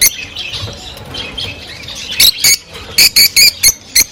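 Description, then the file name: Rosy-faced lovebird chirps: soft chattering at first, then a run of loud, sharp high squeaks. Singing and chirping described as beautiful and cheerful. "krasivoe i veseloe penie i chirikane rozovoshhekih nerazluchnikov"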